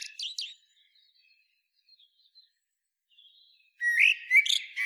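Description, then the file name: Eurasian blackbird song: the tail of a squeaky twittering phrase, a few seconds of near silence with faint soft notes, then a new phrase of mellow whistles and high squeaks. "Turdus merula"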